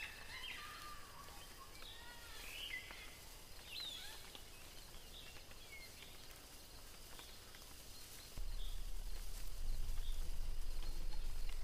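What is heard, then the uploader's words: Birds sing and chirp in a jungle, with quick whistled calls and trills crowding the first four seconds, then thinning out. A soft steady hiss runs throughout, and near eight seconds a low rumble comes in and stays to the end. Mysterious jungle ambience.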